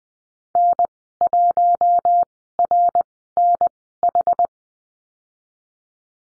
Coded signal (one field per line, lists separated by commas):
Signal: Morse code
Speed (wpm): 20 wpm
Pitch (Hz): 700 Hz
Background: none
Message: N1RNH